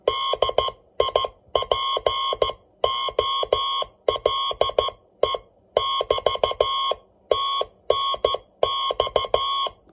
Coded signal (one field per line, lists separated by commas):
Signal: Morse code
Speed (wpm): 14 wpm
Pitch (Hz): 1080 Hz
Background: none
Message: DIPOLE<BT>TNX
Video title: Another CW Contact with the MXM SupeRX/TX Transceiver